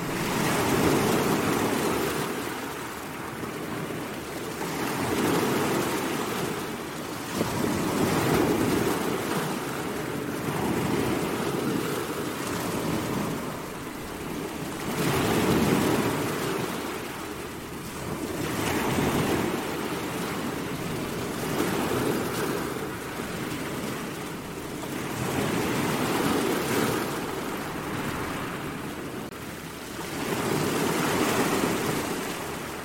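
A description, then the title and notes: Powerful ocean waves surge and recede in a steady rhythm, each swell building to a deep, rushing roar roughly every five seconds. Fall Asleep with Powerful Waves at Night - Ocean Sounds for Deep Sleeping.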